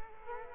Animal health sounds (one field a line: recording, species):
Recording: mosquito wingbeat signal from an infrared sensor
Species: Culex quinquefasciatus